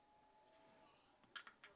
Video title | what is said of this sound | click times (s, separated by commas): PD20W Universal Travel Adapter, Fast Charging USB C Travel Charger, Worldwide Wall Charger | locks into place | 1.5 s, 1.6 s